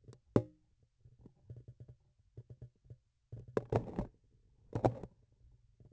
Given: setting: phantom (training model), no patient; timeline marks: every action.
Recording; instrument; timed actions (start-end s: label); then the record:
laparoscopic instrument, vibration sensor on the handle end; grasping forceps
3.27-4.22 s: forceps opening
4.53-5.25 s: forceps closing
From the record:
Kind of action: tool actuation without material contact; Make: other than Olympus